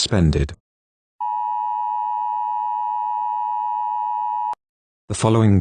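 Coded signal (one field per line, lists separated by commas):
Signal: Emergency Alert System (SAME) tones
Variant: 853 and 960 Hz attention tone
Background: speech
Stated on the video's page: Fictional EAS scenario, simulated, with text-to-speech.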